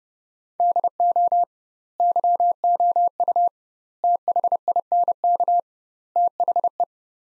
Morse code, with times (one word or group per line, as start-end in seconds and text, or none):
0.6-1.4 DO
2.0-3.5 YOU
4.0-5.6 THINK
6.2-6.8 THE